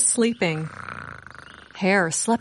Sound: snoring